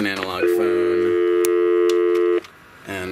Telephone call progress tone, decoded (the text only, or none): dial tone